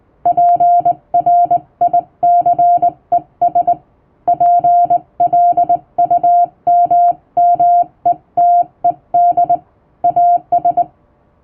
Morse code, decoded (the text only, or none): PRICES PLUMMETED AS